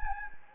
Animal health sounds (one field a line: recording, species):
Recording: mosquito wingbeat signal from an infrared sensor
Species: Anopheles gambiae